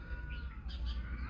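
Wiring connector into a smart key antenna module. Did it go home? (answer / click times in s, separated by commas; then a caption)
no / none. A wiring connector is handled at the new smart key antenna module in the center console of a Kia Sportage during replacement. Only a low steady rumble and faint soft rustling are heard, with a thin tone in the background and no sharp transient. Nothing has seated or clicked yet.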